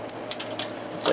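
A screwdriver drives a small machine screw into a PC case or motherboard standoff in an awkward position, and the bit slips in a quick burst of rattling metal ticks. The sharpest tick lands at 0.3 s, with more ticks following through about 1.1 s. The screw head strips.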